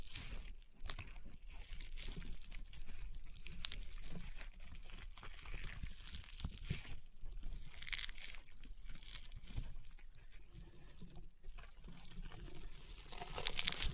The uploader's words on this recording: ASMR EXTREME CRUNCHY AND POPPING SOUNDS Rainbow Honeycomb Slime (No Talking).